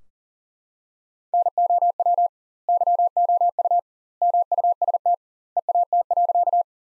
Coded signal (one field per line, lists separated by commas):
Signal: Morse code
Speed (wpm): 40 wpm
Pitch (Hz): 700 Hz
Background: none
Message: NOW YOU MUST EAT.